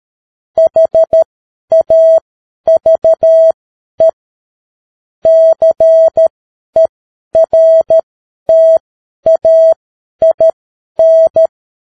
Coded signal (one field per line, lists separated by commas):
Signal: Morse code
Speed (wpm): 13 wpm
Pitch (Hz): 650 Hz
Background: none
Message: HAVE CERTAIN